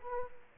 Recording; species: mosquito wingbeat signal from an infrared sensor; Culex quinquefasciatus